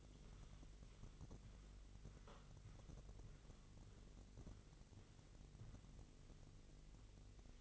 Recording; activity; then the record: daily activity, microphone in the room; walk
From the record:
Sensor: 4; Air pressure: 1002.4 hPa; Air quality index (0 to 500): 214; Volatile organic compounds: 11 ppm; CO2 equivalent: 2322 ppm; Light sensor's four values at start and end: 20/70/26/26 and 20/70/26/26